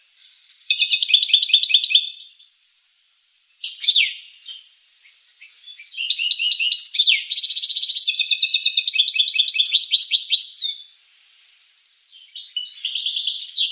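Finch song in several bursts: buzzy rattling trills and quick chirped phrases, separated by short pauses.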